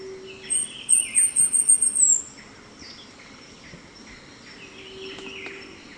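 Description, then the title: São Francisco sparrow with a thin, very high trill of several quick notes ending in a downslur, with faint other birds behind. "LuckyPassaro Completos2Sama. Sao Francisco Sparrow (Arremon franciscanus)"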